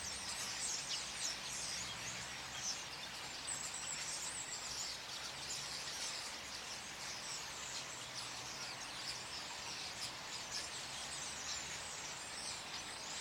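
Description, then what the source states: Birds giving countless overlapping high twitters and chirps that form an unbroken wash of sound over a low background rumble and hiss. Birds calling at night in trees in Hilversum during snow.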